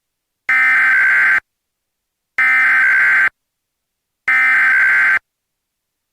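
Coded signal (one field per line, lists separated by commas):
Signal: Emergency Alert System (SAME) tones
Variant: header bursts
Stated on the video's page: Simulated EAS tones in a fictional "Lost in Silence" style emergency alert scenario.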